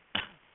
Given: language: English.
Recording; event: throat vibration sensor signal played as sound; cough